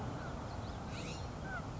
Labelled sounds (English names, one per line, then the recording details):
California Scrub-Jay
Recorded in Sonoma County, California